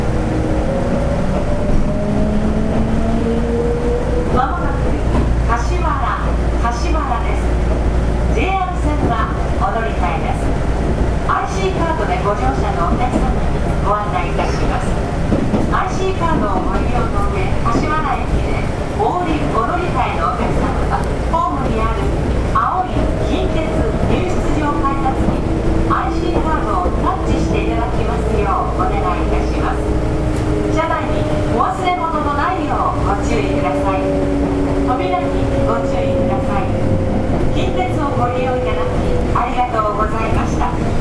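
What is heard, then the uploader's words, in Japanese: Running sound recorded aboard a local train: a steady, dense low rumble fills the whole clip, with a motor whine that rises and falls in pitch. Wheel clacks over rail joints come every few seconds, and faint voices or an announcement sit under the noise. 近鉄6400系 道明寺から柏原まで。近畿日本鉄道6400系電車の走行音です。道明寺線のワンマン普通列車にて収録しました。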